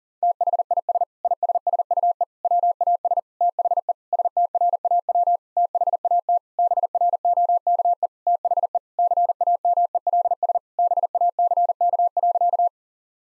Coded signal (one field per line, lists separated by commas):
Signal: Morse code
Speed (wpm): 37 wpm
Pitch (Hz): 700 Hz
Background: none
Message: THIS ISSUE WAS THE STRAW THAT BROKE THE CAMELS BACK.